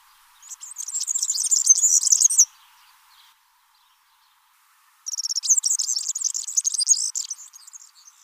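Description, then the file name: European serin song: two fast, shrill, fizzing jingles of a few seconds each, separated by a few seconds of quiet. "Serin cini"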